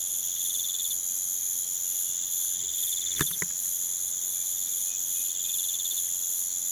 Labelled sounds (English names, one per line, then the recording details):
none
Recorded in pastures near Puerto Asís, Putumayo, Colombia, on 30 June 2025 at 04:00
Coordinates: 0.486, -76.323
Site H29